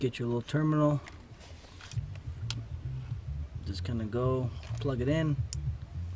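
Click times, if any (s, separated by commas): none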